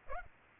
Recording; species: mosquito wingbeat signal from an infrared sensor; Aedes aegypti